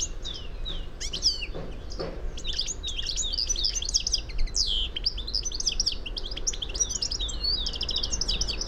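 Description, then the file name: European goldfinch calls, a busy stream of high tinkling and chirping notes that grows denser after the first seconds, over faint low rumble. "Carduelis carduelis"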